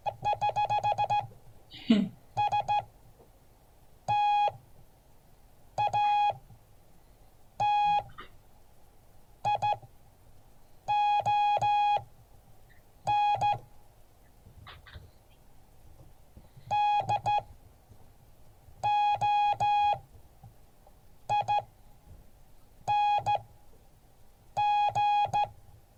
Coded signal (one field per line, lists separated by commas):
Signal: Morse code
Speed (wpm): 14 wpm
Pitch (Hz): 830 Hz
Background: none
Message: <HH>STATION DOING